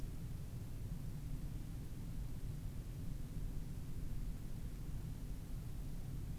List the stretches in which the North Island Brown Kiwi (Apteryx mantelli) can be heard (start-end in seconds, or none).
none